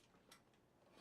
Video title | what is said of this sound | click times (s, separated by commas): Chill Saturday Build: Era 2 + 9060XT | Nice solid click for the USBC as well. | 0.3 s